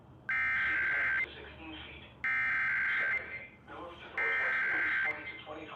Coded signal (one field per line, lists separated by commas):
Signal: Emergency Alert System (SAME) tones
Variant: header bursts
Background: speech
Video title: IP - REQUIRED WEEKLY TEST - NO EAS